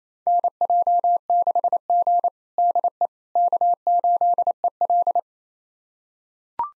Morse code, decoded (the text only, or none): NJ6G DE K8EL